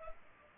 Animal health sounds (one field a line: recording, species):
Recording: mosquito wingbeat signal from an infrared sensor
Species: Culex pipiens